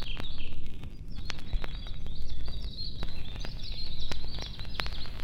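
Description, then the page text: Songbird chirping, a steady stream of high twittering notes throughout, set against heavy low rumbling road noise. Forest songbirds recorded close to a highway. "Лесные певчие птицы - Nature"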